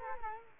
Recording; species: mosquito wingbeat signal from an infrared sensor; Culex quinquefasciatus